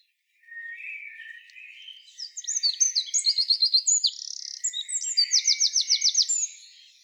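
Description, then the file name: Eurasian wren singing a long loud outpouring of high twittering notes and quick rattling trills, several trill bursts in succession, then stopping abruptly. "Troglodytes troglodytes"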